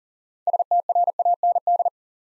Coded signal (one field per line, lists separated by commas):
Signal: Morse code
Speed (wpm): 42 wpm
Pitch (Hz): 700 Hz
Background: none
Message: STRAND